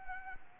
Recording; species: mosquito wingbeat signal from an infrared sensor; Anopheles arabiensis